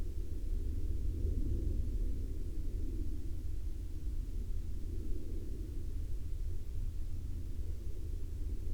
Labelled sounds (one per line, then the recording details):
aircraft
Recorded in the Prudhoe Bay oil fields, Alaska, on 17 May 2021 at 01:08
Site 24